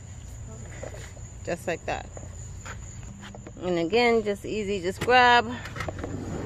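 Someone handles the second-row seat of a minivan on its floor track while talking, with a steady high-pitched tone and faint handling knocks in the background. The seat latch has not locked into the track yet; nothing has seated or clicked by the end of the clip.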